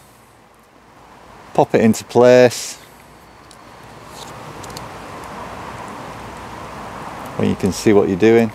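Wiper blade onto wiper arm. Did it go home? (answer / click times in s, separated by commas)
no / none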